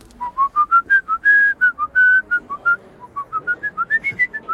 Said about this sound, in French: C'était vous, le sifflement? Je le fais pas aussi bien que vous.